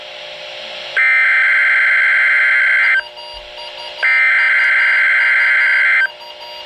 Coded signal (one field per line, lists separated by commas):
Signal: Emergency Alert System (SAME) tones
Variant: header bursts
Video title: Required Weekly Test - 03/30/16 (EAS #1,058)